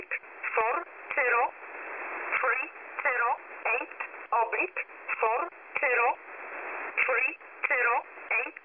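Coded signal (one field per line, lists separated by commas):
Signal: numbers station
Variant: E11 Oblique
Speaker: this over here is is everyone's favorite number station E11 oblique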